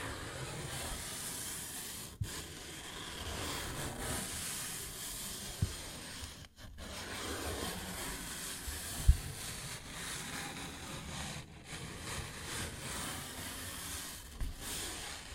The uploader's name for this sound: Paper Bag Tapping and Scratching Sounds